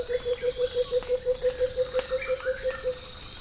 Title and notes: Morning In Rainforest Savanna - Coucal Bursting Into Song. Morning at a patch of rainforest in the Congo Plateaux savanna. Lush birdsong, fog drip and Blue-headed Coucal song